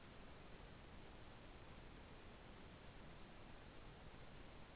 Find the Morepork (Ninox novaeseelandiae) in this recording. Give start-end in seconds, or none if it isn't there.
none